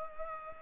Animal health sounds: mosquito wingbeat signal from an infrared sensor; Culex pipiens

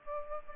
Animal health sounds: mosquito wingbeat signal from an infrared sensor; Aedes aegypti

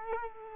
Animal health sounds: mosquito wingbeat signal from an infrared sensor; Culex quinquefasciatus

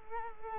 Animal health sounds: mosquito wingbeat signal from an infrared sensor; Culex quinquefasciatus

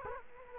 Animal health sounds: mosquito wingbeat signal from an infrared sensor; Culex quinquefasciatus

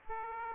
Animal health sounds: mosquito wingbeat signal from an infrared sensor; Aedes aegypti

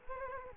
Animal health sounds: mosquito wingbeat signal from an infrared sensor; Culex quinquefasciatus

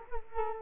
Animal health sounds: mosquito wingbeat signal from an infrared sensor; Culex quinquefasciatus

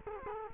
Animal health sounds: mosquito wingbeat signal from an infrared sensor; Culex quinquefasciatus

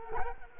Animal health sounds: mosquito wingbeat signal from an infrared sensor; Culex quinquefasciatus

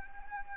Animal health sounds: mosquito wingbeat signal from an infrared sensor; Anopheles arabiensis

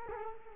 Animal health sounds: mosquito wingbeat signal from an infrared sensor; Culex quinquefasciatus

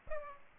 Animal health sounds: mosquito wingbeat signal from an infrared sensor; Aedes aegypti

